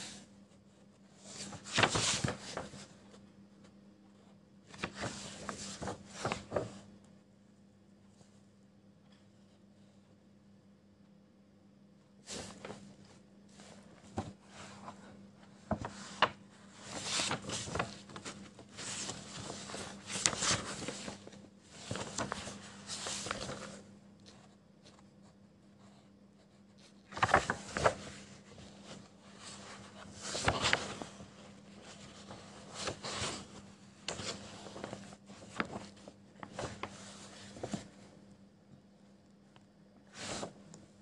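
Pencil scribbling on paper comes in bursts of short, scratchy strokes, with quiet pauses between them, notably around 8–12 and 24–27 seconds. A low, steady hum runs underneath throughout, and the strokes cluster densely in the middle and later stretches.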